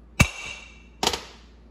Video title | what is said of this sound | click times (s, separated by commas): E4OD/4R100 “PUMP FROM HELL IS DONE” And The TOWER Is Built ! | Two good solid clunks, that thing's good to go. | 0.2 s, 1.1 s